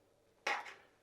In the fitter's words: press it down and slide it until you hear a click, and then you can just flip it up.